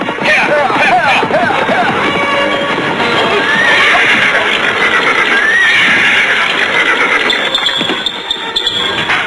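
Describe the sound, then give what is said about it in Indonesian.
A horse lets out a couple of high, wavering whinnies that rise and fall in pitch, over a steady wash of loud background noise and indistinct voices. “Sebaiknya kita tinggal saja kuda kita di sini.”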